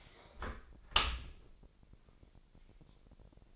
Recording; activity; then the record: daily activity, microphone in the room; close dishwasher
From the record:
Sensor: 5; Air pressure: 1000.6 hPa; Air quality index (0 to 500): 248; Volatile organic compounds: 35 ppm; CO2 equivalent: 3060 ppm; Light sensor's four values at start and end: 31/71/28/26 and 31/72/29/27